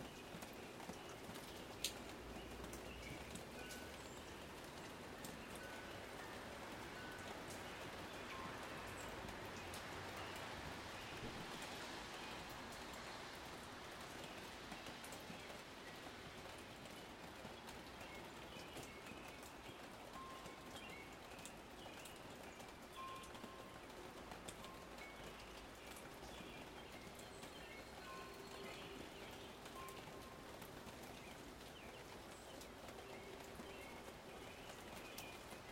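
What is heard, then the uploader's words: Steady raindrops patter and drip throughout, with faint tinkling tones and short bird-like chirps scattered over a constant low rumble. Raindrops, Wind Chimes, and Birds at Sunrise. Rain drops from the roof.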